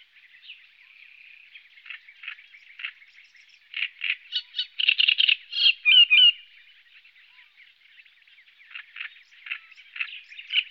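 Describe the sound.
Great reed warbler song: harsh, chattering phrases of grating notes, quiet at first, then a loud burst of repeated croaky and squeaky syllables before fading back to softer chatter.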